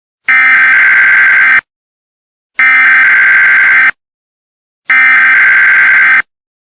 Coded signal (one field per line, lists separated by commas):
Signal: Emergency Alert System (SAME) tones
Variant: header bursts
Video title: The Xmas Blizzard in 2022 an EAS TImeline from Start to Finish with News Reports #winterstorm